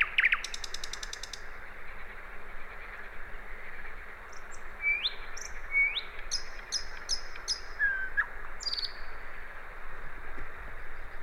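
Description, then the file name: Common nightingale song: a brief buzzy start, scattered rising whistles, and short high pulsed notes, over a persistent low hum. "Luscinia megarhynchos"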